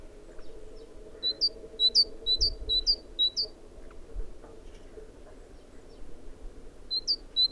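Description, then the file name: Great tit song: bright two-note phrases, a low note then a higher one, repeated in a quick run of about five pairs, with a brief burst again near the end. "Parus major"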